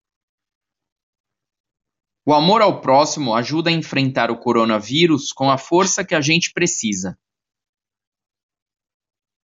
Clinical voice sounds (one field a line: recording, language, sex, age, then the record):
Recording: spoken sentence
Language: Brazilian Portuguese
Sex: male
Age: 40 to 49 years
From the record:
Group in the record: control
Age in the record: 42 years